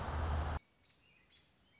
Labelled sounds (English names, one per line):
American Robin